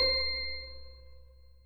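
Glasses clink together in a toast at a group date (goukon) in a karaoke place in the anime High School DxD, a bright ringing chime with a sharp onset that slowly fades and shimmers over a low steady hum, with no voices.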